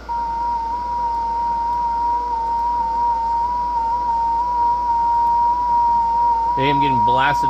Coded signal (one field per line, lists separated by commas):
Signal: FT8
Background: speech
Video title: Every time I get on 6 meters the California people qrm me